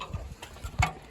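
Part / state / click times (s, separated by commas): folding entry step into its stowed lock on the RV door frame / not seated / none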